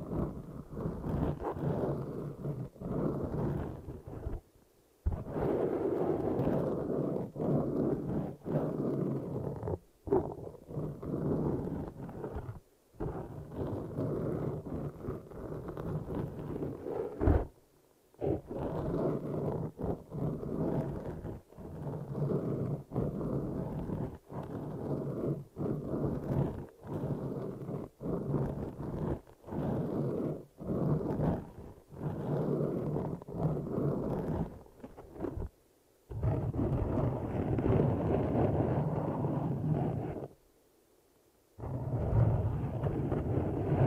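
Dense, muffled rubbing of an eardrum massage rumbles low and steady, broken by abrupt brief silences every few seconds, including longer gaps near 36 and 41 seconds.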